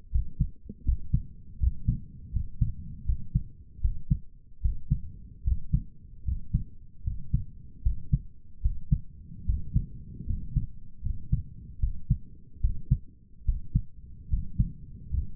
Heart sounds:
heart sounds by stethoscope; 76 bpm
0.10 s: heartbeat
0.84 s: heartbeat
1.58 s: heartbeat
2.31 s: heartbeat
3.04 s: heartbeat
3.80 s: heartbeat
4.61 s: heartbeat
5.43 s: heartbeat
6.24 s: heartbeat
7.03 s: heartbeat
7.82 s: heartbeat
8.61 s: heartbeat
9.45 s: heartbeat
10.25 s: heartbeat
11.02 s: heartbeat
11.79 s: heartbeat
12.60 s: heartbeat
13.44 s: heartbeat
14.29 s: heartbeat
15.09 s: heartbeat
From the record:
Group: healthy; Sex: male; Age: 23 years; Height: 178 cm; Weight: 96.6 kg

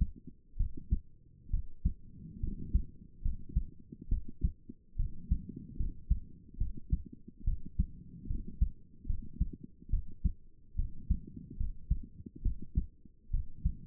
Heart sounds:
heart sounds by stethoscope; 71 bpm
0.57 s: heartbeat
1.50 s: heartbeat
2.40 s: heartbeat
3.22 s: heartbeat
4.08 s: heartbeat
4.96 s: heartbeat
5.76 s: heartbeat
6.57 s: heartbeat
7.44 s: heartbeat
8.27 s: heartbeat
9.06 s: heartbeat
9.90 s: heartbeat
10.75 s: heartbeat
11.57 s: heartbeat
12.42 s: heartbeat
13.30 s: heartbeat
From the record:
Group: healthy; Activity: rest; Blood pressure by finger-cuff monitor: 126/69 mmHg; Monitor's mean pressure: 88 mmHg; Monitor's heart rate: 71 bpm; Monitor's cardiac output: 6.8 L/min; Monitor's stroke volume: 96 mL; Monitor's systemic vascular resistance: 950 dyn s/cm5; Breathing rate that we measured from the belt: 20 breaths a minute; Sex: female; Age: 22 years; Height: 154 cm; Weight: 58.7 kg

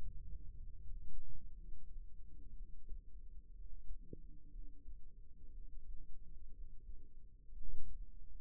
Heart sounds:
heart sounds by microphone in the right ear; 61 bpm
0.56 s: heartbeat
1.52 s: heartbeat
2.53 s: heartbeat
3.52 s: heartbeat
4.48 s: heartbeat
5.49 s: heartbeat
6.50 s: heartbeat
7.50 s: heartbeat
From the record:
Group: healthy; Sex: female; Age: 37 years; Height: 168 cm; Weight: 70 kg

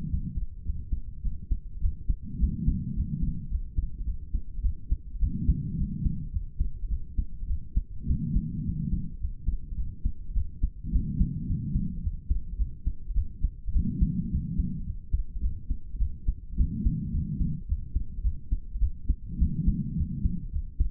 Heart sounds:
heart sounds by stethoscope; 106 bpm
0.10 s: heartbeat
0.65 s: heartbeat
1.24 s: heartbeat
1.82 s: heartbeat
2.41 s: heartbeat
2.96 s: heartbeat
3.51 s: heartbeat
4.06 s: heartbeat
4.63 s: heartbeat
5.20 s: heartbeat
5.78 s: heartbeat
6.33 s: heartbeat
6.90 s: heartbeat
7.48 s: heartbeat
8.07 s: heartbeat
8.66 s: heartbeat
9.21 s: heartbeat
9.77 s: heartbeat
10.35 s: heartbeat
10.93 s: heartbeat
11.48 s: heartbeat
12.03 s: heartbeat
12.58 s: heartbeat
13.15 s: heartbeat
13.73 s: heartbeat
14.31 s: heartbeat
14.86 s: heartbeat
15.42 s: heartbeat
15.99 s: heartbeat
16.57 s: heartbeat
17.13 s: heartbeat
17.68 s: heartbeat
18.23 s: heartbeat
18.80 s: heartbeat
19.39 s: heartbeat
19.97 s: heartbeat
20.52 s: heartbeat
From the record:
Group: healthy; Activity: rest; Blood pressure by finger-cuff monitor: 108/59 mmHg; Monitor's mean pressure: 74 mmHg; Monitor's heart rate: 105 bpm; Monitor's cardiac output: 9.1 L/min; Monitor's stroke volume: 86 mL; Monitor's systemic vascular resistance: 580 dyn s/cm5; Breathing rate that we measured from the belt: 21 breaths a minute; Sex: female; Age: 22 years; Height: 163 cm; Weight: 67.1 kg

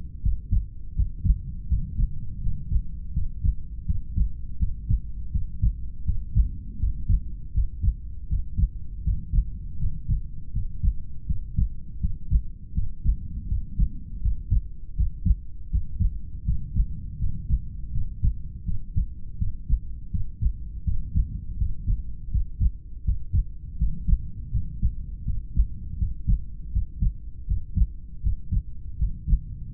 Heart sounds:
heart sounds by stethoscope; 81 bpm
0.21 s: heartbeat
0.94 s: heartbeat
1.67 s: heartbeat
2.39 s: heartbeat
3.12 s: heartbeat
3.84 s: heartbeat
4.57 s: heartbeat
5.30 s: heartbeat
6.04 s: heartbeat
6.78 s: heartbeat
7.52 s: heartbeat
8.27 s: heartbeat
9.02 s: heartbeat
9.77 s: heartbeat
10.51 s: heartbeat
11.25 s: heartbeat
11.99 s: heartbeat
12.73 s: heartbeat
13.46 s: heartbeat
14.20 s: heartbeat
14.95 s: heartbeat
15.69 s: heartbeat
16.43 s: heartbeat
17.17 s: heartbeat
17.90 s: heartbeat
18.63 s: heartbeat
19.37 s: heartbeat
20.10 s: heartbeat
20.83 s: heartbeat
21.56 s: heartbeat
22.30 s: heartbeat
23.03 s: heartbeat
23.76 s: heartbeat
24.50 s: heartbeat
25.23 s: heartbeat
25.97 s: heartbeat
26.70 s: heartbeat
27.45 s: heartbeat
28.21 s: heartbeat
28.97 s: heartbeat
29.72 s: heartbeat
From the record:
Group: heart failure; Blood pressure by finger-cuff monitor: 68/45 mmHg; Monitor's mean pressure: 51 mmHg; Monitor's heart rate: 81 bpm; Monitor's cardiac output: 6.4 L/min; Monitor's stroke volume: 79 mL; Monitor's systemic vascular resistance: 550 dyn s/cm5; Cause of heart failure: idiopathic cardiomyopathy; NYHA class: 2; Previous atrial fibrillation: present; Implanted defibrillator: present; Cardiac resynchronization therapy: present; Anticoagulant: warfarin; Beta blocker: metoprolol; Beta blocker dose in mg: 50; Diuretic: furosemide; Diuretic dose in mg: 40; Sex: male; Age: 62 years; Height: 184 cm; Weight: 101 kg

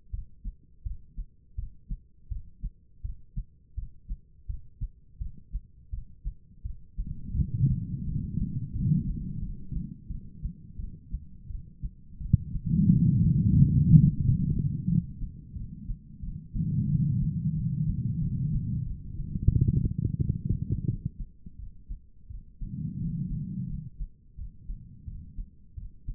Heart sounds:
heart sounds by stethoscope; 87 bpm
0.11 s: heartbeat
0.83 s: heartbeat
1.56 s: heartbeat
2.29 s: heartbeat
3.02 s: heartbeat
3.75 s: heartbeat
4.47 s: heartbeat
5.19 s: heartbeat
5.91 s: heartbeat
6.63 s: heartbeat
7.35 s: heartbeat
8.05 s: heartbeat
8.73 s: heartbeat
9.40 s: heartbeat
10.08 s: heartbeat
10.77 s: heartbeat
11.48 s: heartbeat
12.19 s: heartbeat
12.89 s: heartbeat
13.56 s: heartbeat
14.22 s: heartbeat
14.88 s: heartbeat
15.54 s: heartbeat
16.21 s: heartbeat
16.88 s: heartbeat
17.54 s: heartbeat
18.19 s: heartbeat
18.84 s: heartbeat
19.50 s: heartbeat
20.18 s: heartbeat
20.86 s: heartbeat
21.57 s: heartbeat
22.28 s: heartbeat
22.98 s: heartbeat
23.67 s: heartbeat
24.36 s: heartbeat
25.05 s: heartbeat
25.75 s: heartbeat
From the record:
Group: healthy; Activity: Valsalva maneuver 0-14 s, rest 14-26 s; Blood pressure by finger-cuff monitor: 166/109 mmHg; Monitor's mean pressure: 131 mmHg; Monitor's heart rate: 86 bpm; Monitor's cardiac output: 5.1 L/min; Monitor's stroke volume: 59 mL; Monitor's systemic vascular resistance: 1960 dyn s/cm5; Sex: female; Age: 51 years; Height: 162 cm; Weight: 70.04 kg

